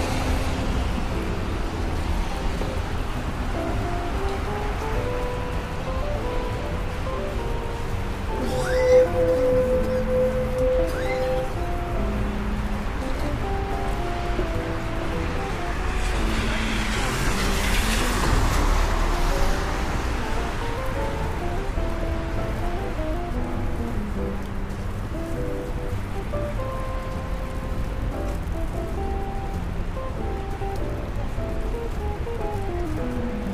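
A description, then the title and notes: Rain on a New York day, a steady, dense hiss running the whole time at an even level. Underneath, a low rumble and shifting tones suggest passing traffic, with a brighter swell around 16–20 seconds like a vehicle going by, and a brief high tone near nine seconds. Raining Day In New York.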